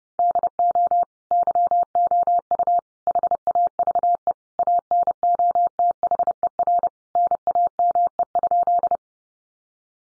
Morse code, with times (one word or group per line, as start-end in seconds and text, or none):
0.2-1.0 DO
1.3-2.8 YOU
3.1-4.3 HAVE
4.6-6.9 ANOTHER
7.2-9.0 NAME?